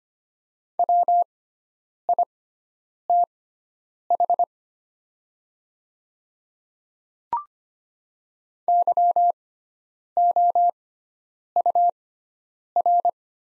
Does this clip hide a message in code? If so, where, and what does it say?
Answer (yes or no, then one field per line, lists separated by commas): yes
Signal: Morse code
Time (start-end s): 0.8-13.1 s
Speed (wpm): 25 wpm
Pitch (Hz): 700 Hz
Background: none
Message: WITH YOUR